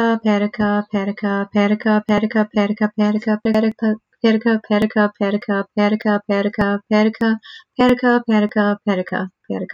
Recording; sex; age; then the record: repeated syllables /pa ta ka/; female; 20 to 29 years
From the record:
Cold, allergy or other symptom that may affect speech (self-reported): no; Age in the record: 26 years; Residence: Florida, United States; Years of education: 12